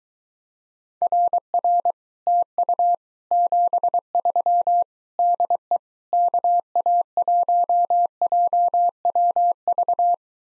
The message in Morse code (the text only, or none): RR TU 73 DE KA1JWV